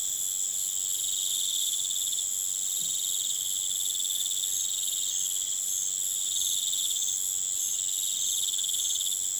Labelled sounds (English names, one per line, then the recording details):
none
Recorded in pastures near Puerto Asís, Putumayo, Colombia, on 29 June 2025 at 20:30
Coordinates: 0.486, -76.323
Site H29